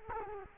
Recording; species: mosquito wingbeat signal from an infrared sensor; Culex quinquefasciatus